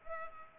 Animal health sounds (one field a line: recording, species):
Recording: mosquito wingbeat signal from an infrared sensor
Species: Culex pipiens